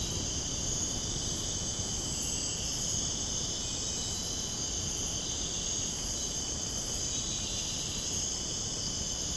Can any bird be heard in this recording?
no